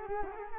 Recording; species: mosquito wingbeat signal from an infrared sensor; Culex quinquefasciatus